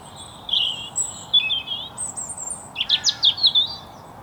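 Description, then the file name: European robin warbling almost continuously, high wavering whistles followed by a run of sharp, rapid notes. "Erithacus rubecula"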